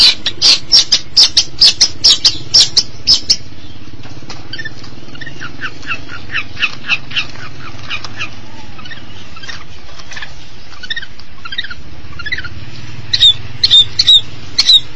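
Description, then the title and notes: Long-tailed Shrike chattering in rapid grating notes at the start and the end, with softer scratchy notes between them over a low steady hum. Recorded March 2017. "Pentet 201703. Suara burung pentet"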